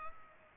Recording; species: mosquito wingbeat signal from an infrared sensor; Culex pipiens